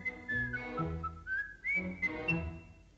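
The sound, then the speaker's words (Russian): A boy whistles a bright, bird-like tune, the high pitch sliding and warbling between short held notes, over steady low accompanying tones. “Как ты замечательно свистишь. Прямо птичья трель.”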